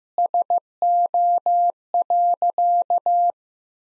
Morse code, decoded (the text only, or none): SO.